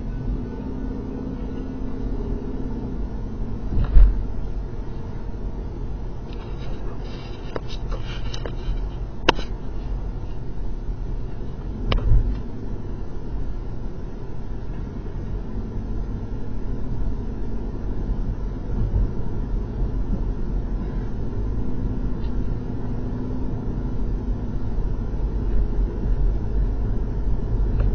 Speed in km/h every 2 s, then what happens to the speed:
35, 42, 45, 45, 45, 47, 52, 52, 53, 58, 58, 58, 58, 60.
1-3 speeds up to 45. 3-9 steady at about 45. 9-17 speeds up to 58. 17-28 steady at about 58.